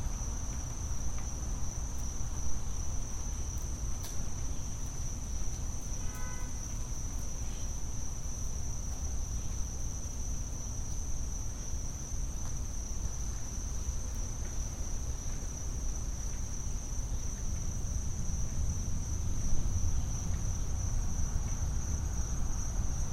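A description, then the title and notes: A back yard on a Saturday, with a steady, high, unbroken insect trill running the whole time, most likely crickets. Beneath it sits a constant low rumble. Around six seconds a brief, faint pitched sound rises out of the mix, and a few sharp ticks appear near four seconds. The sounds of a back yard on a Saturday in August.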